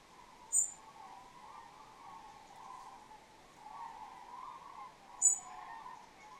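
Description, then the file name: European robin calls: two abrupt, bright tick notes, roughly five seconds apart, above a constant wavering background drone. "Erithacus rubecula"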